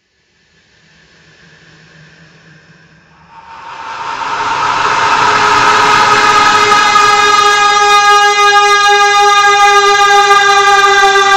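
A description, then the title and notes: A stretched, slowed-down scream that starts as a faint murmur and swells sharply around the three-second mark. It settles into a loud, sustained, ringing wail with steady layered tones that hold nearly flat to the end, growing brighter and harsher as it builds. Stretched scream.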